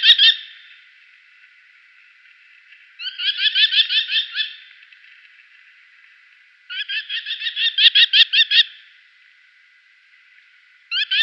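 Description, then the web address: Merlin giving rapid, harsh chattering series in bursts of about one and a half to two seconds, separated by silences of two to three seconds, repeated throughout. Female bird. "Schulze Peter Merlin female"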